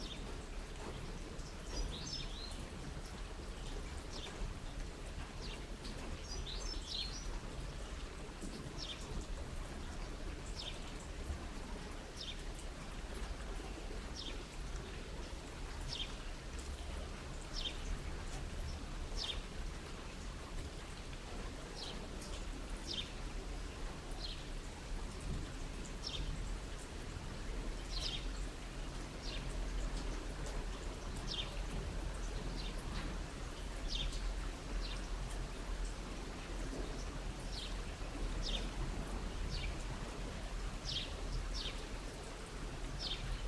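Steady rain falls throughout, a dense low rumble beneath frequent bright, sharp drips tapping at irregular intervals.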